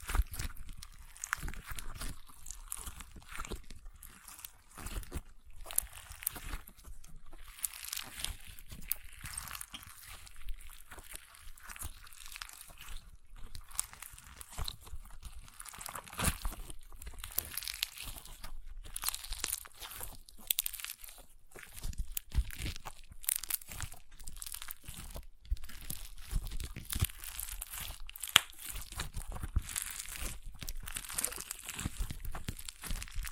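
Crunchy slime being squeezed and worked, a dense, continuous run of crackling and crinkling pops that never stops for the whole half minute. The bursts are sharp and bright, arriving rapidly and irregularly, with slightly louder flurries now and then.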